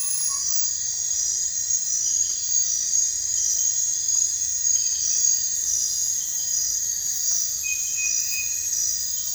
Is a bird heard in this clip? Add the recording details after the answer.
no. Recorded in dense forest near Puerto Asís, Putumayo, Colombia, on 22 December 2024 at 01:30. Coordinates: 0.468, -76.322. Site G071